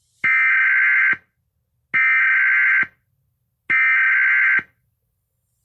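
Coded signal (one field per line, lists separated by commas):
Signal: Emergency Alert System (SAME) tones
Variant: header bursts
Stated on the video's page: Fictional EAS scenario, a homemade recreation.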